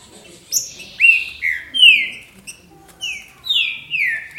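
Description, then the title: Green-winged saltator singing clear, downslurred whistles, each phrase dropping in pitch, spaced by short pauses, with faint high chirps over the top. "Trinca Ferro"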